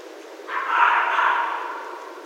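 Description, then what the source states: Red fox giving a single harsh, raspy call lasting about one and a half seconds, starting abruptly then slowly fading, over a faint steady hiss. Recorded on 15 January 2012.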